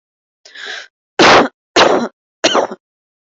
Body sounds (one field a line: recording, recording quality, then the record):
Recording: shallow voluntary cough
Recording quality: excellent, no background noise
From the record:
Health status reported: healthy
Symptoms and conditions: none ticked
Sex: female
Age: 31 years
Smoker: not ticked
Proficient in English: yes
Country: India